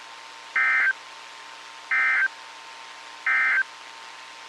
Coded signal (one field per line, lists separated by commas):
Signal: Emergency Alert System (SAME) tones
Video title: EAS 1777-1782 (5/3/22)